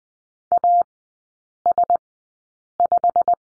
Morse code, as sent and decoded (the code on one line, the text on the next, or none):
.- ... .....
AS5